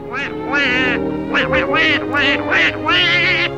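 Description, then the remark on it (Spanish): A raspy, nasal cartoon duck voice quacks and sputters in a rapid series of garbled bursts, rising and falling in pitch like excited, unintelligible chatter. “El encargado de ponerle voz fue originalmente Clarence Nash, quien dobló al pato durante 50 años en más de 120 cortometrajes”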